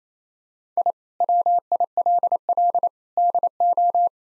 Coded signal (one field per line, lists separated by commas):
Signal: Morse code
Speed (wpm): 28 wpm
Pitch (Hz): 700 Hz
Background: none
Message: I WILL DO